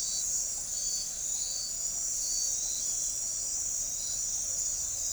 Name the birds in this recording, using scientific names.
none